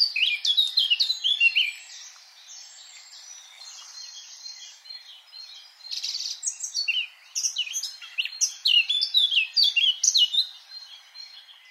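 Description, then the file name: Eurasian blackcap song: rapid rich warbling phrases, a quieter stretch of faint twitters, then another burst of varied chattering and fluty notes. "Sylvia atricapilla"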